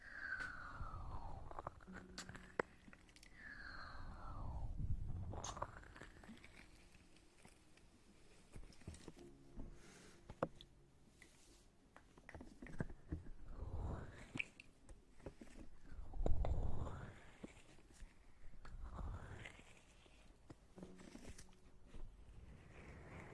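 Ear eating and hand movements: slow, sweeping rubs and muffled crinkling that rise and fall in long arcs, with soft wet mouth clicks and taps scattered throughout. Louder swells come around 5 and 16 seconds, and a low rumble stays underneath.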